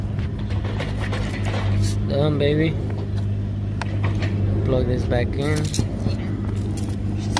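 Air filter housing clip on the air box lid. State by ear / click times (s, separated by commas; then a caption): seated / 7.4 s. After a K&N drop-in air filter is put back into the plastic air box on a 2014 Honda Accord V6 J35 engine, the air box lid is closed and someone talks over a steady low hum. A sharp click at 7.4 s marks the first air filter housing clip snapping shut, seating the lid.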